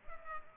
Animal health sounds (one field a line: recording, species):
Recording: mosquito wingbeat signal from an infrared sensor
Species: Culex pipiens